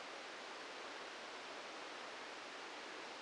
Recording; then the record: brain microelectrode recording played as sound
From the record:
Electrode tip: inside the subthalamic nucleus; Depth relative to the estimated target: 2 mm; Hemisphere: left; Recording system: NeuroSet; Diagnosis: Parkinson's disease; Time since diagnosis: 14 years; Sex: male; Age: 51 years